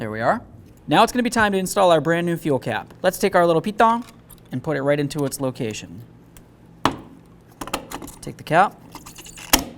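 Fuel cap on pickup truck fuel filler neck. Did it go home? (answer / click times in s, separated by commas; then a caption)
yes / 9.5 s. Someone talks while a brand-new fuel cap is threaded onto the fuel filler neck of a 1994–2004 Chevy S-10 pickup truck, with a sharp clack at 6.9 s and light rattling clicks from 7.6 to 8.0 s. The cap is turned until its ratchet gives a nice click at 9.5 s, showing it is tightened.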